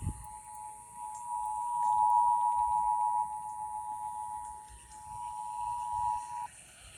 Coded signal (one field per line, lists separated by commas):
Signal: Emergency Alert System (SAME) tones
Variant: 853 and 960 Hz attention tone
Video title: LET'S GO TO THE RIVER! Broadcast Radio EAS: Required Monthly Test (EAS #515-517)